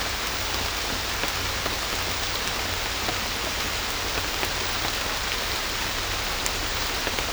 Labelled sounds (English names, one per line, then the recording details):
none
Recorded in secondary vegetation near Puerto Asís, Putumayo, Colombia, on 18 December 2024 at 23:30
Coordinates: 0.500, -76.326
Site G065